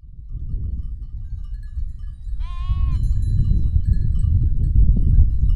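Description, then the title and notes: Sheep bleat: one short harmonic bleat at midway over a steady low rumble of background noise. Field recording on a farm in Oliveira do Hospital municipality, Portugal; several sheep. "ovelhas na quinta da costa. gravaçao de campo no concelho de oliveira do hospital"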